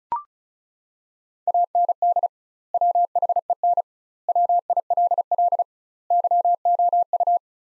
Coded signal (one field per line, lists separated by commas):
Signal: Morse code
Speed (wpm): 34 wpm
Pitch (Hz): 700 Hz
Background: none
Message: AND WHEN WILL YOU